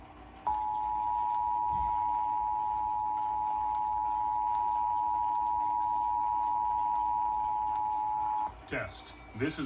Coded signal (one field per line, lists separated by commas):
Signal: Emergency Alert System (SAME) tones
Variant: 853 and 960 Hz attention tone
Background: speech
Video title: Pennsylvania Required Monthly Test on WDPN-TV (3/17/2022) (St. Patrick’s Day Edition!) (EAS #390)